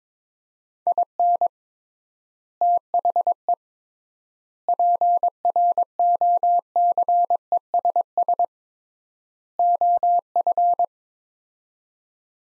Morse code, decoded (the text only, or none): IN THE PROCESS OF